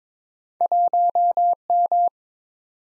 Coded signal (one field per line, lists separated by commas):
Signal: Morse code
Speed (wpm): 22 wpm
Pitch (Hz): 700 Hz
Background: none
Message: 1M